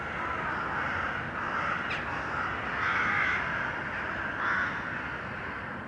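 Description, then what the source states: Crow caws, rough drawn-out calls repeated several times, with a sharp click midway and constant background noise. Urban crows; recording processed, detuned.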